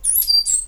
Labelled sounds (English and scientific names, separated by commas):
Stitchbird (Notiomystis cincta) song